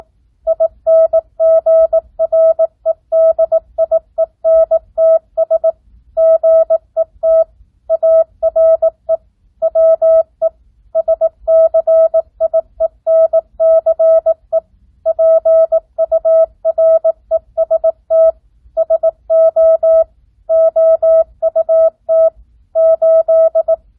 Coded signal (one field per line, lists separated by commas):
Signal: Morse code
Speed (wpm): 18 wpm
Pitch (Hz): 650 Hz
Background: none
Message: INGREDIENTS GET ARE WE SCIENCE PUREST SO OUT 8